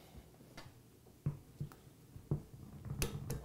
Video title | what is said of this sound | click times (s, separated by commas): AeroVee Assembly Chapter 4: Connecting Rod Assembly | there's the click | 3.0 s